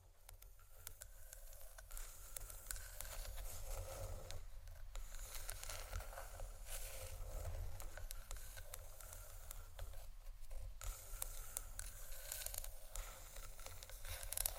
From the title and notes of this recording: ASMR Wooden Triggers（No Talking）.